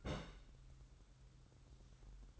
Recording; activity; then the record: daily activity, microphone in the room; place on stove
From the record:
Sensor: 3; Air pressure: 994.4 hPa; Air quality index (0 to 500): 213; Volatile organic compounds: 1000 ppm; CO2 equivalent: 7105 ppm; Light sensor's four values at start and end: 199/480/202/201 and 199/480/202/201